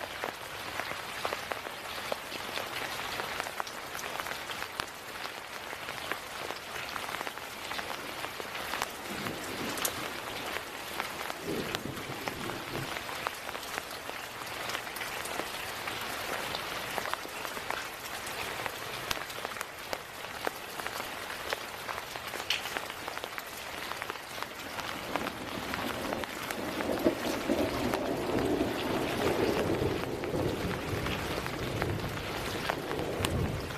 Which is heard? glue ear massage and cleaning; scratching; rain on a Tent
rain on a Tent